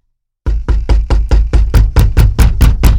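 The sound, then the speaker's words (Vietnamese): Rapid, insistent knocking on the door of a house: about a dozen loud, evenly spaced thuds with a deep, hollow low end, beginning after a brief silence and continuing steadily with no voices. “Đến nhà cô hai, nó vội vàng gõ cửa.”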